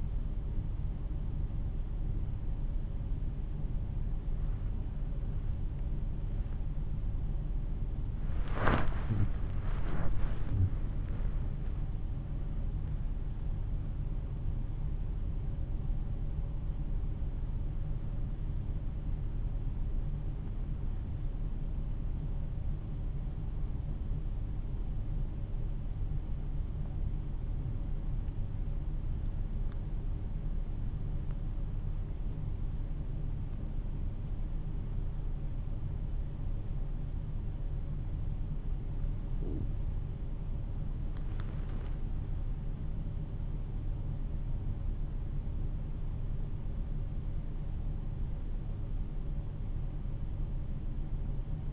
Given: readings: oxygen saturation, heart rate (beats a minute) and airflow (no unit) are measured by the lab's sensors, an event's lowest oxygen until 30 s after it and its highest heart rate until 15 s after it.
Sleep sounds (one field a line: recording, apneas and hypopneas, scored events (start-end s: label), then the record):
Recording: breathing in sleep by a smartphone at the bedside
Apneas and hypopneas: 1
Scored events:
22.00-41.80 s: hypopnea (N1, oxygen 96% highest, then 90% lowest, heart rate 55 at the start, 60 highest)
From the record:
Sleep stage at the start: N1 (lightest sleep)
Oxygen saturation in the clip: 92 to 96%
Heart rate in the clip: 49 to 60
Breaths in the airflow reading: 12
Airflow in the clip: -10.9 to 13.0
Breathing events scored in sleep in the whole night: 388 in 6.5 hours asleep